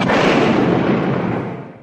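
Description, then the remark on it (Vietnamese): A violent explosion at the wall of the Chiêu Hồi office, blowing a bicycle apart: a loud, dense, rumbling roar that holds steady for over a second, then fades out. No voices. “Một phút sau, từ bờ tường ti Chiêu Hồi phát ra một tiếng nổ dữ dội.”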